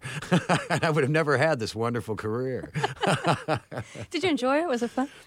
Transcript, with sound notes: I would have never had this wonderful career.
(Soundbite of laughter)
Did you enjoy it, was it fun?